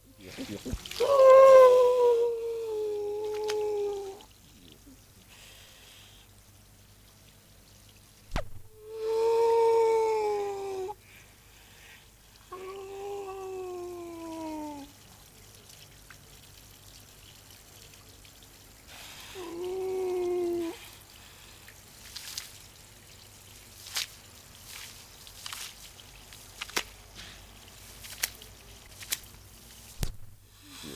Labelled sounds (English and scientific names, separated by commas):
Grey Seal (Halichoerus grypus)